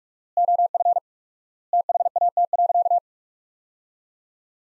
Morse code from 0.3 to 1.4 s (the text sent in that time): OF